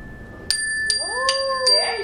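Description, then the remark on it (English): A child rings a bicycle-style bell four times in quick, even succession during a classroom counting activity, each bright metallic ding sustaining a high ringing tone, while a softer, lower wavering tone rises underneath the later rings. “Now, ring that bell.”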